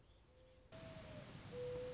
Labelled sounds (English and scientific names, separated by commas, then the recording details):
Mourning Dove (Zenaida macroura)
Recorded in Sonoma County, California